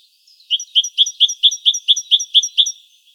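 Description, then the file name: Great tit giving a quick, regular sequence of several sharp high notes, preceded by a soft faint note. "Parus major"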